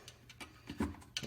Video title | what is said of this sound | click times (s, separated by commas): How to change a oil pan on most vehicles (EP 121) 1996 Buick 3800 | one up to look clicks good okay | 1.2 s